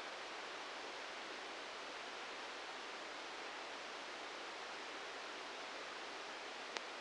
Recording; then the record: brain microelectrode recording played as sound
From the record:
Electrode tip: outside the subthalamic nucleus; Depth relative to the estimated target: 2 mm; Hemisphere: right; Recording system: NeuroSet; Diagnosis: Parkinson's disease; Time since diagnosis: 19 years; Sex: female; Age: 69 years